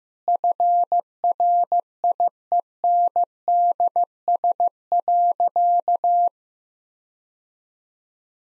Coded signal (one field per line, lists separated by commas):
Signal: Morse code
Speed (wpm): 16 wpm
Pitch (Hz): 700 Hz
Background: none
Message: FRIENDS.